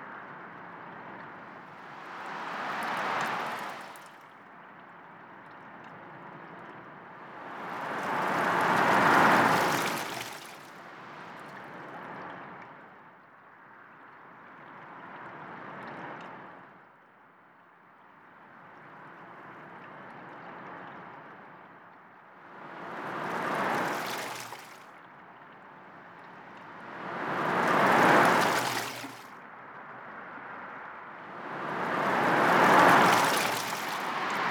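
Ocean waves wash in and recede in slow, regular surges about every four to five seconds, each swelling to a bright hiss before fading.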